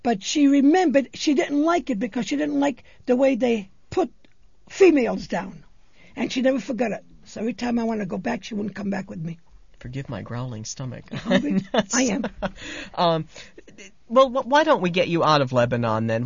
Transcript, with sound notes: But she remembered she didn't like it because she didn't like the way they put females down, and she never forgot it. So every time I wanted to go back, she wouldn't come back with me.
Forgive my growling stomach. ( he laughs )
I am.
Um, well, why don't we get you out of Lebanon then.